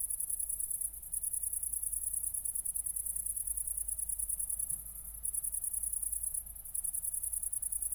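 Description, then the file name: Cricket chirps: shrill rapid pulses in trills broken by short pauses, above a steady low hum. Crickets recorded at night at Nordring, Kirchmöser, Brandenburg, Germany, 4 August 2014, 00:53. "City Country Me Brandenburg Kirchmoeser Nordring Grillen 201408040053 OLBIN"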